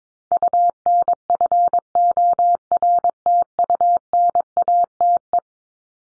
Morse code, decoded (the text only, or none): UNFORTUNATE